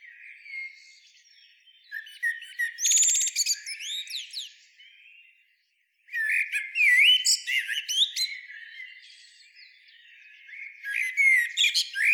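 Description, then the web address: Eurasian blackbird singing repeated phrases of low flutey whistles ending in shrill twitters, with a brief silence midway. "SETE Turdus merula"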